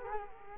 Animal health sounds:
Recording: mosquito wingbeat signal from an infrared sensor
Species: Culex quinquefasciatus

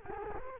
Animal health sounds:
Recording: mosquito wingbeat signal from an infrared sensor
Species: Culex quinquefasciatus

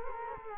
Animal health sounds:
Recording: mosquito wingbeat signal from an infrared sensor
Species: Culex quinquefasciatus

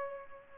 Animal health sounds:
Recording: mosquito wingbeat signal from an infrared sensor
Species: Culex pipiens

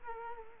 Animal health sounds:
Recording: mosquito wingbeat signal from an infrared sensor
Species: Culex quinquefasciatus

